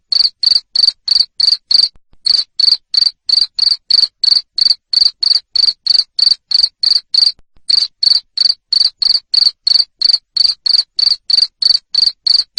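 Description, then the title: Cricket, high shrill chirps repeated steadily at about three per second, with occasional brief breaks. Loud cricket chirping (jangkrik ngerik) played to stimulate lovebirds into continuous singing (ngekek). "Suara JANGKRIK NGERIK Keras Bikin LOVEBIRD Jadi NGEKEK Terus Vubey"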